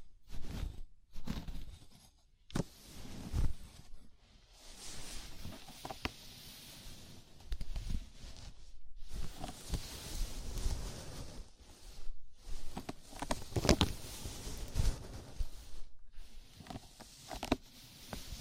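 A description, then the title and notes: A scalp massage: fingers rub and scratch through hair in irregular bursts of crackling rustle. The rubbing comes in uneven strokes broken by brief silent pauses, with occasional sharp clicks and soft low thumps. ASMR Sleepy Scalp Massage (No Talking).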